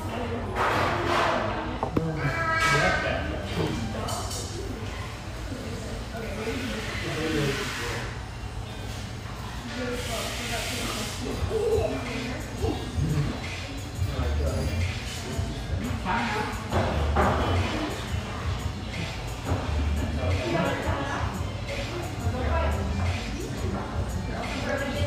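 A busy café hums with overlapping voices and chatter, a constant low rumble underneath, and scattered thuds and clinks throughout.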